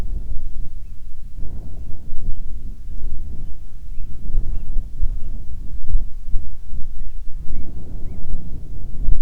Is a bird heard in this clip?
yes